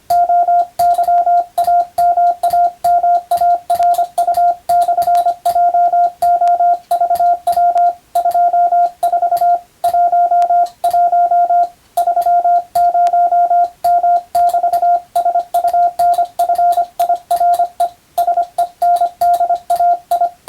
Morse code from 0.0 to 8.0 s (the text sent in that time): OYAMAMARU/JOVW